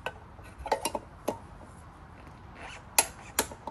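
A torque wrench tightens the next bolt while replacing couplings on a 2016 Segway X2, with light metallic clinks and ticks early on. Two sharp clicks at 2.9 s and 3.4 s mark the wrench reaching 22 lb of torque.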